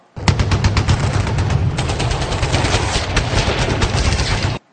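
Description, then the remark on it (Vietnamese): A sustained burst of rapid gunfire from several nearby guns, many sharp cracks in quick succession over a dense, loud rumble for several seconds, then cutting off abruptly. No voices. “Vừa lúc ấy có mấy phát súng nổ gần, gã kia có vẻ quýnh, gã nghinh cổ, nghe ngóng”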